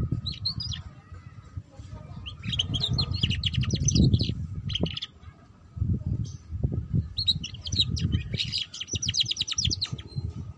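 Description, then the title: Canary song in several bouts of quick trilled chirping, with pauses between phrases and a persistent low rumble and faint hum beneath. Belgian canary; song used to warm up canaries and get them singing, for canaries learning the ngeriwik sound, and as a lure for ngeriwik canaries. "Canto Para Esquentar Canário Belga. Suara Kenari Belajar Bunyi Ngeriwik || Cocok Untuk Pancingan Kenari Ngeriwik"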